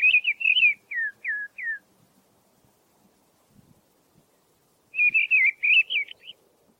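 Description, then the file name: Mistle thrush singing: a run of short downslurred fluty whistles, a three-second pause, then a richer warbled phrase of rising and falling notes. "grive-draine-timo s"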